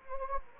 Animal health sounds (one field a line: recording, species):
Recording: mosquito wingbeat signal from an infrared sensor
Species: Anopheles gambiae